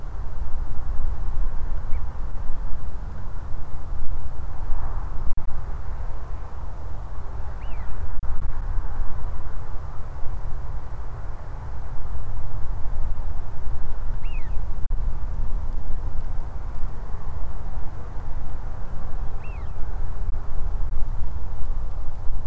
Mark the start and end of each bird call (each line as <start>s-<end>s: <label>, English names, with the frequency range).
1.92s-2.00s: Eurasian Wigeon (1.7-2.5 kHz)
7.61s-7.85s: Eurasian Wigeon (1.9-3.2 kHz)
14.23s-14.57s: Eurasian Wigeon (1.6-4.1 kHz)
19.41s-19.70s: Eurasian Wigeon (1.4-5.2 kHz)